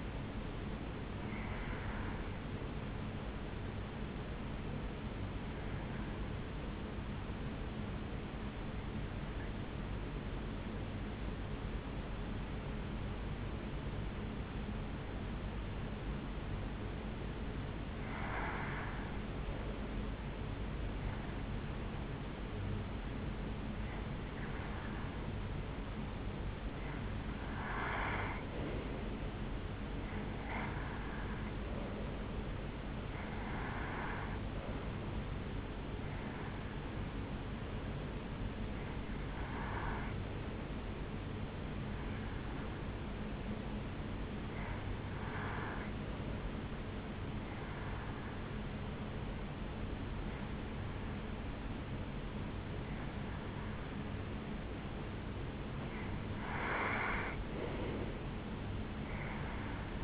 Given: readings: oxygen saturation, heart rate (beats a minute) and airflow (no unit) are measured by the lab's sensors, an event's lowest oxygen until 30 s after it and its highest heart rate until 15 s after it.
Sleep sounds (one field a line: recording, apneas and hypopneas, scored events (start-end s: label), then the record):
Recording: breathing in sleep by a voice recorder at the bedside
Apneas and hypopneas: 2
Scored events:
4.00-60.04 s: new sleep stage, N1 (lightest sleep)
8.00-26.90 s: hypopnea (N1, oxygen 96% highest, then 90% lowest, heart rate 55 at the start, 72 highest)
41.00-55.30 s: hypopnea (N1, oxygen 91% highest, then 88% lowest, heart rate 71 at the start, 78 highest)
From the record:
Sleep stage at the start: REM sleep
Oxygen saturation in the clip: 76 to 96%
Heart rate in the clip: 55 to 76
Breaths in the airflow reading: 16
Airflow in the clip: -5.6 to 4.1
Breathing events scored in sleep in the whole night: 449 in 7.0 hours asleep